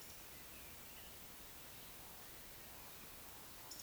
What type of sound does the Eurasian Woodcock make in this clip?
whistle